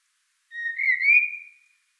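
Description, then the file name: Common blackbird giving a single clear whistled note, held level then swelling slightly upward, lasting about a second, in otherwise silent surroundings. "Turdus merula"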